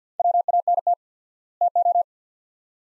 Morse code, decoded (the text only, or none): WANT TO